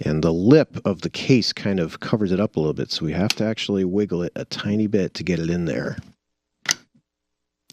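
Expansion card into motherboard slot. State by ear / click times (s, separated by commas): seated / 6.7 s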